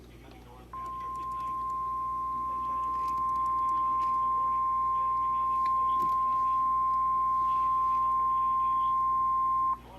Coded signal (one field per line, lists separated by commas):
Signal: Emergency Alert System (SAME) tones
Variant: 1050 Hz attention tone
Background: speech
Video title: EAS 56 Just a little SVR